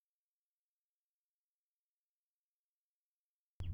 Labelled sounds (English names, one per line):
House Finch song